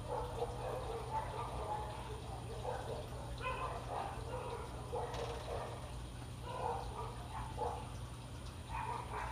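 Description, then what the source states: Dog barks, several short harsh barks at irregular intervals over a steady low hum. Dogs (K-9s) guarding a home from intruders at night.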